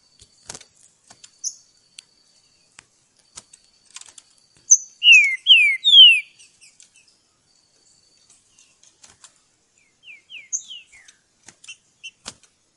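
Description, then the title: Green-winged Saltator song: a high introductory note, then three loud whistled phrases sliding downward in quick succession, later a softer similar phrase, with scattered faint clicks between. Song used to train and warm up the bird, recorded in the bush; voice number 08. "Canto De Trinca Ferro Voz 08. Esquentar Trinca Ferro - Treino no mato!"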